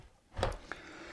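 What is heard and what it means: Two resin/polystone pieces of a Prime 1 Studio Abby "The Confrontation" diorama statue from The Last of Us Part 2 are pushed together, seating a statue section into its base structure. Two short, sharp knocks sound at 0.4 s and 0.7 s. The parts fit together well and have not warped.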